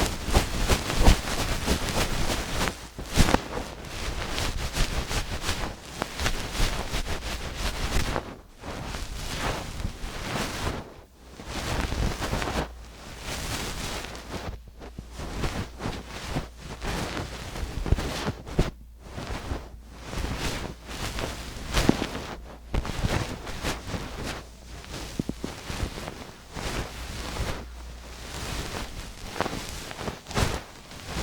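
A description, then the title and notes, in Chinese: Ear cleaning and massage sounds: dense, crackling rustle and soft brushing strokes fill the clip, coming in short bursts with brief quiet gaps every few seconds. A low steady hum runs underneath through most of it, dropping out now and then. 梵天掏耳和按摩。3D按摩与掏耳一起来。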